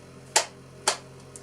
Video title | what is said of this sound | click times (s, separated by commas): Unboxing the Scorpion EVO | flip it up you kind of pull down snap right into place extend and that | 0.4 s, 0.9 s